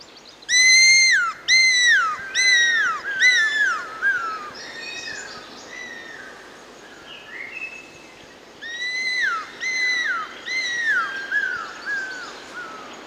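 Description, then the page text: Cuckoo-roller whistling: clear, down-slurred whistles repeated about once a second in a run of several, with softer notes between, then a pause and a second run, over steady background hiss. "Курол (Leptosomus discolor)"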